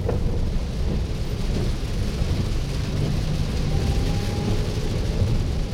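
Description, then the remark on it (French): Steady rain hisses without pause while a deep, rolling thunder rumble churns underneath for the whole stretch, the overall level staying loud and even with no voices. “Mais la pluie diminue et Alec est en route vers l'hôpital dans votre petite voiture.”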